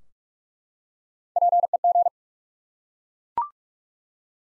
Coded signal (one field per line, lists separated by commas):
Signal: Morse code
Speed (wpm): 42 wpm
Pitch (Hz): 700 Hz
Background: none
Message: PEG